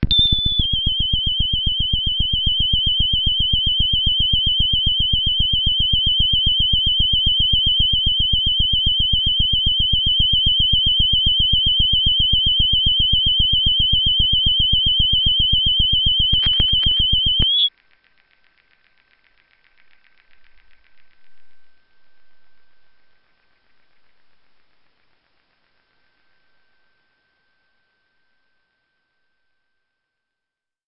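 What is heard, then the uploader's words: Electrical interference: a steady, piercing high whine sits over a rapid, regular low buzzing pulse that runs unchanged for about seventeen seconds, then cuts off abruptly. The rest is near silence, with only a few faint soft rustles. High-frequency interference recordings made with a Radioshack Telephone mic. Via a Sound Devices 702 and Barcus Barry pre-amp. This example was pitched down 4 octaves before being sample rate converted to 48k/16bit. The source was a goose-neck lamp at my bedside. The high wavering tone you hear was originally between 46kHz and 62kHz.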